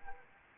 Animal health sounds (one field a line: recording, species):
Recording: mosquito wingbeat signal from an infrared sensor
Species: Anopheles arabiensis